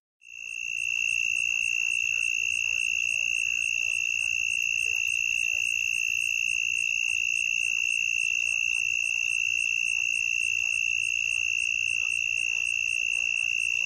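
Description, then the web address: Southern mole cricket song: a loud, steady, unbroken trill held at one pitch throughout, with a higher overtone and no other clear sounds. "The Songs of Insects. Southern Mole Cricket"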